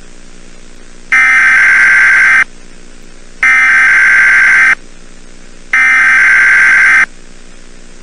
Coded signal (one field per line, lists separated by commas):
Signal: Emergency Alert System (SAME) tones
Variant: header bursts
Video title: EAS Scenario Movie - "The Silent Invasion: The Shockwave"